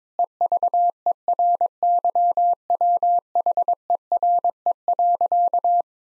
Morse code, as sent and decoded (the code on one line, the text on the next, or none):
. ...- . .-. -.-- .-- .... . .-. . .-.-.-
EVERYWHERE.